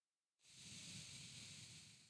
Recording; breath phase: one breath near a microphone; exhalation